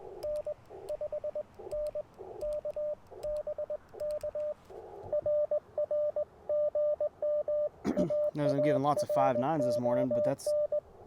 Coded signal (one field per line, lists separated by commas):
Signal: Morse code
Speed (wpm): 20 wpm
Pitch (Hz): 590 Hz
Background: speech, radio noise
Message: N 5N K BK RR GM AARON